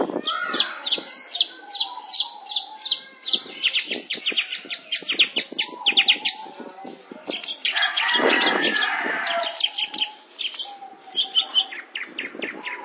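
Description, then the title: Long-tailed shrike delivering rapid chattering chirps and clicks, with a short burst of harsh noise partway through before the chirping resumes. "Cendet Pentet"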